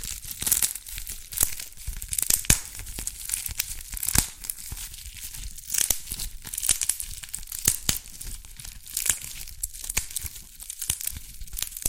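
Dalgona candy being tapped and cracked, with sharp, bright clicks and brittle snaps arriving irregularly but often, several per second. Crinkly scraping fills the gaps between hits, and the sound stays busy and crisp for the whole twelve seconds.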